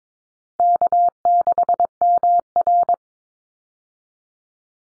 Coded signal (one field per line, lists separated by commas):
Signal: Morse code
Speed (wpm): 22 wpm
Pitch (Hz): 700 Hz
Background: none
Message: K6MR